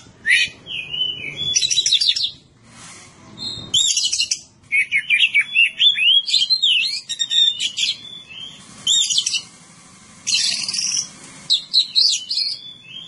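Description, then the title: Oriental magpie-robin singing a long, varied run of sweet whistles, slurred notes and rasping buzzes, delivered in rapid phrases with brief gaps. "Kacer"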